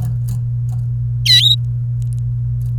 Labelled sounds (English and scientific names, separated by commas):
Domestic Canary (Serinus canaria) song